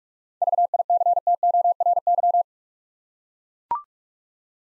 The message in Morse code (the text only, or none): VICTORY